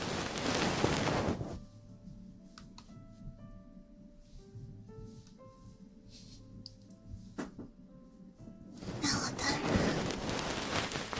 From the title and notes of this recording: ASMR Ear cleaning & Ear massage.